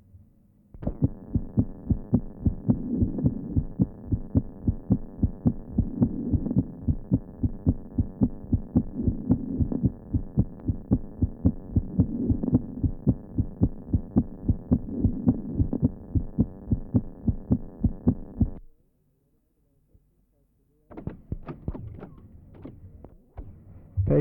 Patient with mitral stenosis. Recording taken at left sternal edge. Note loud first sound and the opening snap following the second sound.